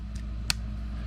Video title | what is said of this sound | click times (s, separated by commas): How to replace a 2014 Nissan NV Series 4 Button Flip Key Battery | when you do you'll hear it pop | 0.5 s